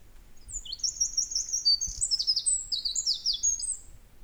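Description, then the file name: Eurasian wren song, fast high twittering phrases and quick trills running continuously for about four seconds. "Troglodytes troglodytes"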